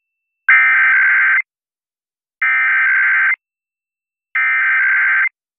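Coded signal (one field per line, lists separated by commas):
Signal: Emergency Alert System (SAME) tones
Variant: header bursts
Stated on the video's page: IPAWS weekly test alerts.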